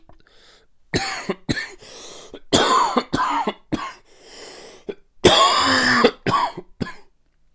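Dry cough from an adult, a rapid series of short, harsh bursts with brief pauses between them.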